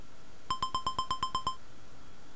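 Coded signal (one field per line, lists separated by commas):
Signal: none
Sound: a retro game's jingle beeps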